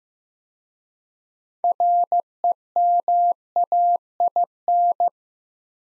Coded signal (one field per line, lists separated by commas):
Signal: Morse code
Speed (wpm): 15 wpm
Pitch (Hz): 700 Hz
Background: none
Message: REMAIN